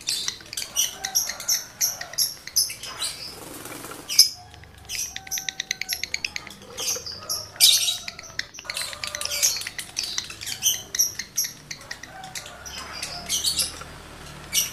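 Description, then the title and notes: Lovebird song, sustained rapid chattering of high chirps, clicks and shrill squeaks. Male lovebird in breeding condition; song used as a lure to stimulate other lovebirds to sing. "Birahi Lovebird Jantan ke Gacor. Pancingan Suara Lovebird jantan birahi"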